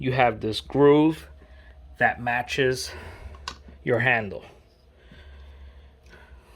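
Someone talks while fitting the plastic key of a whole-house filter housing into the matching groove on a bypass valve handle, with faint handling noise. The key is being handled and is not yet home; nothing has seated or clicked yet.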